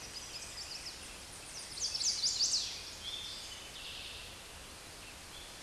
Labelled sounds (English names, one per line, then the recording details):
Chestnut-sided Warbler song
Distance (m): 10 m
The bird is about level with the microphone
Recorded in a Pennsylvania forest on 16 May 2024 at 08:37
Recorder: AudioMoth, point MSD-1849
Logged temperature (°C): 12.1 °C
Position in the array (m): 35 m, 30 m